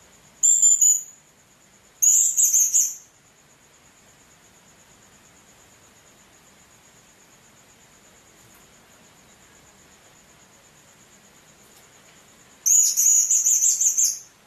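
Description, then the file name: Hanging parrot uttering three bursts of shrill, sharp chirps: two short ones at the start, then a long pause and a longer twittering burst, with a constant high-pitched tone behind. "serindit"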